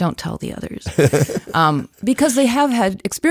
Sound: laughs